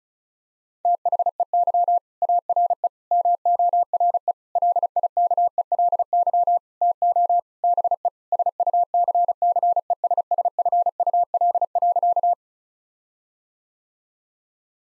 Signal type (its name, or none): Morse code